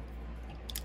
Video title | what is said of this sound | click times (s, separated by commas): Transformers review legacy Leader class laser prime #114￼ | just hinge it down until you hear click | 0.7 s, 0.8 s